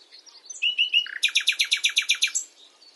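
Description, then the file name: Common nightingale song: a few soft whistled notes leading into a fast, even string of many loud, rasping repeated notes. "Luscinia megarhynchos"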